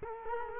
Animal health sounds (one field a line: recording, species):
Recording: mosquito wingbeat signal from an infrared sensor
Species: Culex quinquefasciatus